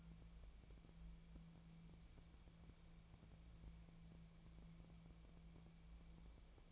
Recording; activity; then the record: daily activity, microphone in the room; wipe stove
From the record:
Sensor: 1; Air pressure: 1000.5 hPa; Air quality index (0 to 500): 186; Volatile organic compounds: 5 ppm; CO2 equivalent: 1716 ppm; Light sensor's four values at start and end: 11/27/11/13 and 11/27/11/13